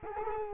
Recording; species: mosquito wingbeat signal from an infrared sensor; Culex quinquefasciatus